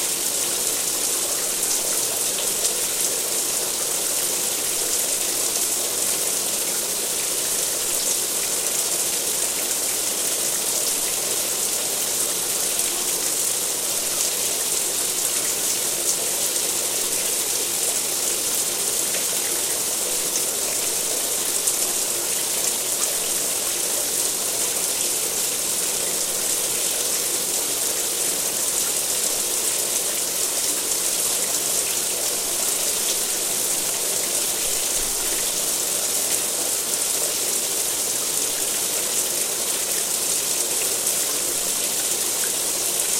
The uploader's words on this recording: Shower Sound. White Noise.